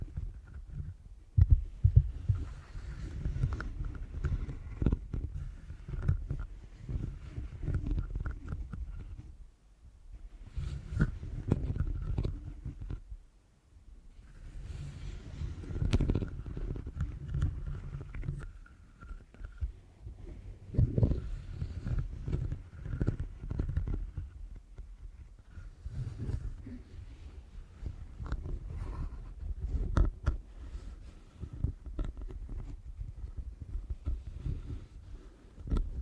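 Deep ear canal massage: dense, muffled rubbing and squishing sounds that are mostly low and thick, with soft crackles above. The motion comes in bursts of a few seconds, broken by brief near-silent pauses around 9 and 14 seconds.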